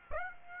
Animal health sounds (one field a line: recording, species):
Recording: mosquito wingbeat signal from an infrared sensor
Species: Aedes aegypti